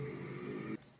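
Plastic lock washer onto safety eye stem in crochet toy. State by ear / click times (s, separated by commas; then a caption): not seated / none. A plastic locking washer is being handled and pushed onto the stem of a safety eye through a crocheted amigurumi head, but nothing has seated or clicked yet. A steady, mid-level tonal hum with bands near 150–400 Hz and 2 kHz fills the first 0.8 seconds, then drops sharply to a quieter background for the rest of the clip.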